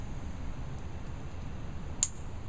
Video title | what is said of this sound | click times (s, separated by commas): FMA Maritime Helmet L/XL Review | I don't know if you could hear that, but there is an audible click to it. | 2.0 s